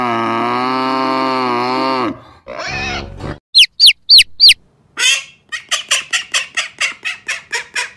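Animal calls in sequence: a long low harmonic cry, a shorter wavering cry, three sharp high squeaks, then a rapid run of about ten clucking notes.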